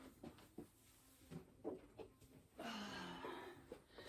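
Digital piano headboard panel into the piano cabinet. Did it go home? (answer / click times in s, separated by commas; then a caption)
no / none. A headboard panel for a Yamaha Clavinova CLP-240 digital piano is picked up and handled before being fitted into the piano cabinet. Only quiet handling knocks and light rustling are heard, with a longer broadband scrape or shuffle around 2.6 seconds. Nothing has seated or clicked into place yet.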